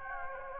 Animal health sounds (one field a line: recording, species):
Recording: mosquito wingbeat signal from an infrared sensor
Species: Anopheles gambiae